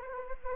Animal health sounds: mosquito wingbeat signal from an infrared sensor; Anopheles arabiensis

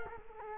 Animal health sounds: mosquito wingbeat signal from an infrared sensor; Culex quinquefasciatus

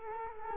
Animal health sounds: mosquito wingbeat signal from an infrared sensor; Culex quinquefasciatus

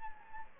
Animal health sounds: mosquito wingbeat signal from an infrared sensor; Anopheles gambiae

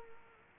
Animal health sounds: mosquito wingbeat signal from an infrared sensor; Culex quinquefasciatus

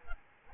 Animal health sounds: mosquito wingbeat signal from an infrared sensor; Aedes albopictus

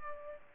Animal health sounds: mosquito wingbeat signal from an infrared sensor; Aedes aegypti

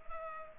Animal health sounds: mosquito wingbeat signal from an infrared sensor; Culex pipiens

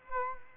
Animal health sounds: mosquito wingbeat signal from an infrared sensor; Culex quinquefasciatus

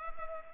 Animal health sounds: mosquito wingbeat signal from an infrared sensor; Culex pipiens

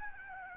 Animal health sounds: mosquito wingbeat signal from an infrared sensor; Aedes albopictus

